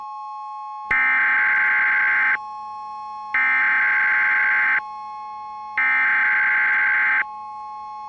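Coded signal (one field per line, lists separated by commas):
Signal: Emergency Alert System (SAME) tones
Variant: header bursts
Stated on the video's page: Simulated alert tones in a fictional emergency alert scenario.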